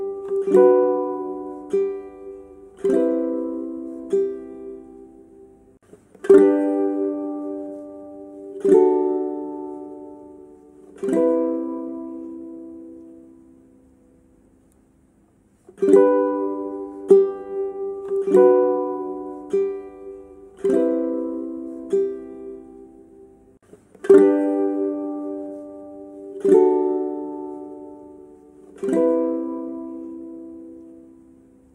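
A ukulele strums chords roughly every two to three seconds, each one ringing out and fading before the next, in a slow repeating pattern. The playing pauses briefly around the middle, then resumes the same cycle.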